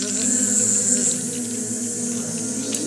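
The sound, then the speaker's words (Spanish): Angry bees buzz in a steady, continuous drone, a low humming whine with a thin high hiss above it, holding at an even loudness for about three seconds with no voices. “Y justo venían unas abejas muy enojadas. Querían picar a alguien.”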